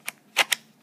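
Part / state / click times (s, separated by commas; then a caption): router depth collar onto motor body / not seated / none. The depth collar of a DeWalt palm router is handled against the router's motor body, with its rivets lined up to the body slots, before being pushed on. Three short, sharp plastic-and-metal knocks land at about 0.1, 0.4 and 0.5 seconds over a quiet background. Nothing has seated or clicked yet.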